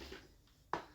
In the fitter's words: just ఆటోమేటిక్గా పైకంటే అదే lock అయిపోద్ది,